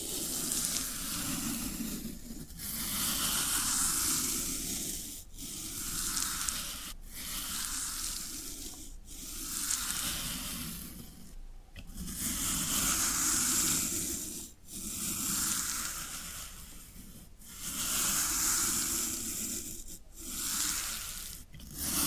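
Floral foam being rubbed and crushed in repeated hissing, crackly strokes, each a couple of seconds long, separated by brief silent gaps.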